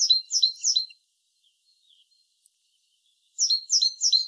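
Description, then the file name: Great tit: a burst of three quick high chirping notes, a pause of over two seconds, then another triple burst. "Parus major"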